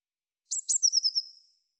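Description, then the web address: Eurasian blue tit giving one call: two sharp high notes, then a short run of falling, churring notes that fade out, with nothing else heard. "cianscape birddata Deverinetal 2025 File cleaned normalized Bird Cy Ca"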